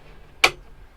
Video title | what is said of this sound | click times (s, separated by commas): Hanse 458 - Guided Tour | there's a click and then it's fixed up here | 0.4 s